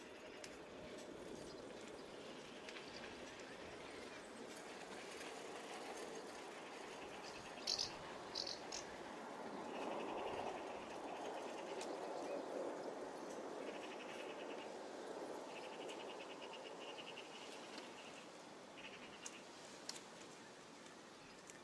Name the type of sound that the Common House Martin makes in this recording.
call